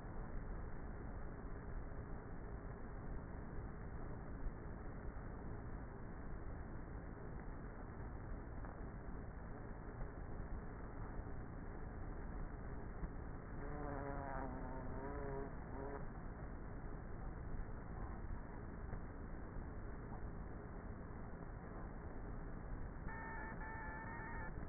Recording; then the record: honeybee colony, microphone inside the hive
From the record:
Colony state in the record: queenless with a low population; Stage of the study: before two queens were removed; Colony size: about 30,000 bees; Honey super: no